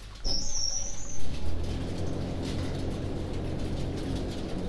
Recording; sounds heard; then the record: poultry house recording; no chicken sound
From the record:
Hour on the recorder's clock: 21